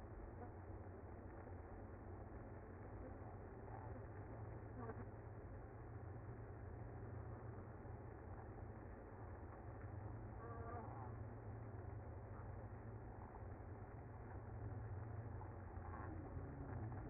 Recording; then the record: honeybee colony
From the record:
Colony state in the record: active